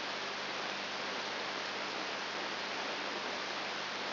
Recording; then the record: brain microelectrode recording played as sound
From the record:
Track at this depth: inside the subthalamic nucleus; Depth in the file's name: 2.702 mm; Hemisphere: left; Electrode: 3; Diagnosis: Parkinson's disease